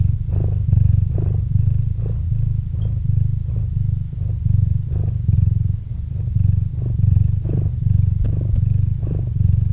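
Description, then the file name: Cat purr, continuous deep vibrating rumble that swells gently with each breath, a few faint clicks over the top. Cat named Murchik purring into a microphone. "Kot Murchik - Murchanie kota kot murchal v mikrofon"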